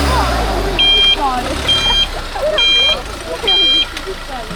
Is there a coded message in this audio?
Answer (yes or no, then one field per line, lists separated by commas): no